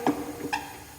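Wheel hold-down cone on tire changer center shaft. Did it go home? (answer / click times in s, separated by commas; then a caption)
yes / 0.1 s. A center hold-down cone is pushed straight down over the shaft of a Hunter TC3700 tire changer and clicks in at 0.1 s with a sharp metallic knock, followed by a second ringing knock at about 0.5 s. The cone is seated and is then given a half turn to lock it in place, holding the wheel flat onto the machine.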